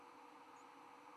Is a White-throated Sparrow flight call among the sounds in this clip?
no